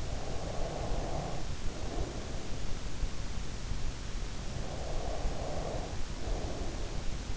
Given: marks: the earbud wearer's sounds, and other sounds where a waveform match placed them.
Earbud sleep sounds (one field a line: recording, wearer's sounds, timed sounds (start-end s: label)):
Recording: sounds in sleep by an in-ear microphone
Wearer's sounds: breath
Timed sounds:
0.00-2.81 s: breath
4.56-7.34 s: breath